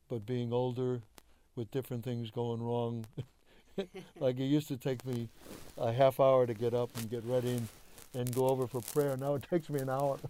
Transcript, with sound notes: but being older with different things going wrong. [laughter] Like, it used to take me a half hour to get up and get ready and — and go over for prayer, now it takes me an hour.